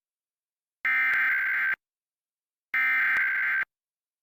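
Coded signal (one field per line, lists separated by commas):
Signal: Emergency Alert System (SAME) tones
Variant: header bursts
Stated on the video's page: Tennessee Required Monthly Test received via Comcast cable, recorded off a FireStick.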